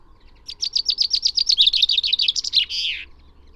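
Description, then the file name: Common chaffinch song: a steady rattle of repeated notes that gradually drops in pitch, ending in a buzzy, downslurred flourish. "Fringilla coelebs"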